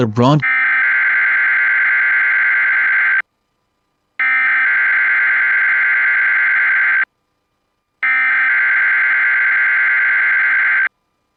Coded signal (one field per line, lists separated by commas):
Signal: Emergency Alert System (SAME) tones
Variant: header bursts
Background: speech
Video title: TEST DAY | EAS #274- Required Weekly Test on WXJ53 (KPL20 relays of WXJ53, KGG68 and KEC56)